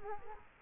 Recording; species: mosquito wingbeat signal from an infrared sensor; Culex quinquefasciatus